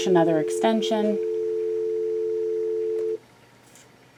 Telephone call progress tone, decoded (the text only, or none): dial tone